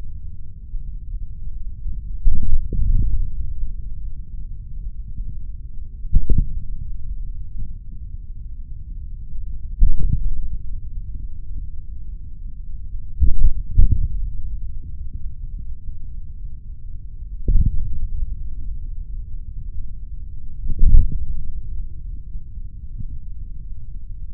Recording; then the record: forearm muscle sounds (acoustic myography)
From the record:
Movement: hand closing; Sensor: system 3, bracelet of six PUI Audio POM-2738L microphones around the upper forearm, with dedicated amplification and filtering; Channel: 5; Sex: male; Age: 26 years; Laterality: right